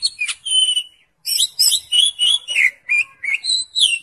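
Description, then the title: Oriental magpie-robin giving a brief whistled phrase, a short pause, then a rapid series of sweet rising and falling notes. "Kacer"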